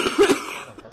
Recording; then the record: coughing mixed with background sound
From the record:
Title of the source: 64 coughing, allergies, singing lungs